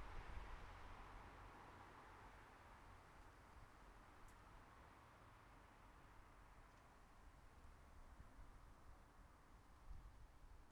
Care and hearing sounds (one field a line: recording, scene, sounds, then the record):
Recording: everyday scene through a hearing-aid microphone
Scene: in traffic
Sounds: traffic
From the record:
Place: bus stop on a city main road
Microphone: behind the ear, right, rear